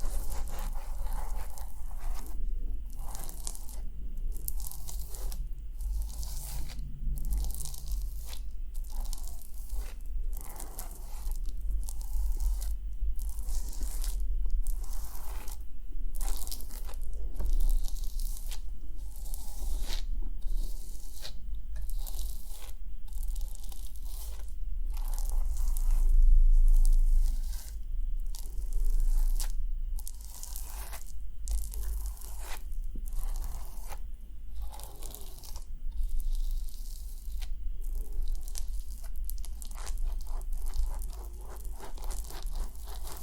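Hair brushing and scalp scratching: quick, crisp bristly strokes repeat steadily, several each second, for the whole stretch. Each pass has a dry, crunchy rasp. A low, constant hum sits underneath, and the pace stays even with only small shifts in loudness.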